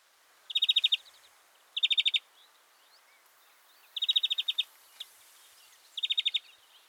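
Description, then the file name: European greenfinch calls: four rapid trilled bursts of ticking notes, each about half a second long, with pauses between and a single short note before the last burst. "Chloris chloris"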